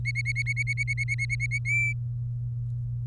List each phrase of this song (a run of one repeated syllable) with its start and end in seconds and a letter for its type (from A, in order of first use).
0.05-1.59 A, 1.65-1.93 B